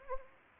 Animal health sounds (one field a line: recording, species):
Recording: mosquito wingbeat signal from an infrared sensor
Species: Anopheles arabiensis